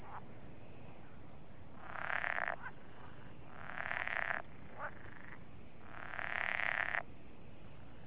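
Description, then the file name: Pool frog croaking in three short bursts separated by pauses of one to two seconds, over steady background noise. "poelkikker"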